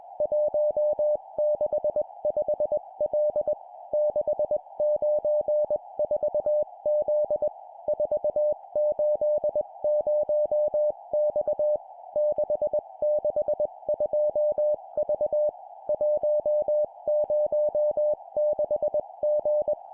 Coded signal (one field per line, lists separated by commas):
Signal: Morse code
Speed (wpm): 21 wpm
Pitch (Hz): 600 Hz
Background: music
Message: 165L 694Z 480X 662V 106G